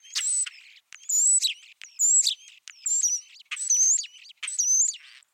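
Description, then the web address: European Starling calls, six high whistled notes spaced about a second apart, with faint chatter in between. Starlings introduced in North America and Australia, living in cities, showing genetic change favouring tolerance of extreme conditions as they spread. "birdnote-daily starlings-evolving-in-new-habitats"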